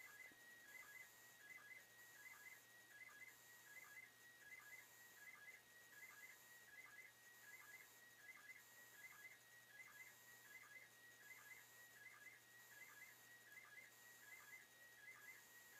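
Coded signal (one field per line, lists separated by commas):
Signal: SSTV (slow-scan television)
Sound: warbling, chirping tones with a steady rhythmic tick, repeating several times per second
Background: radio static, low hum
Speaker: getting ready to copy TV from the International Space Station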